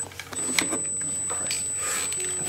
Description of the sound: Tinnitus coming through the headphones. It's a bit high-pitched.